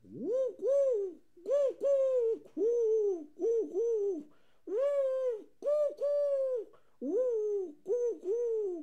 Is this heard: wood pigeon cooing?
yes